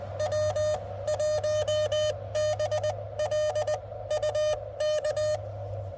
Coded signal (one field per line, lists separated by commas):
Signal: Morse code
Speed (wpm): 18 wpm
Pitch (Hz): 600 Hz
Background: music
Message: W1BLU K